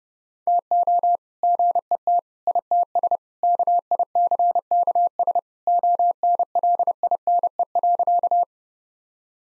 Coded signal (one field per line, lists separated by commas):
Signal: Morse code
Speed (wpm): 32 wpm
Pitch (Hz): 700 Hz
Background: none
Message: TO GET ITS KICKS ONLINE.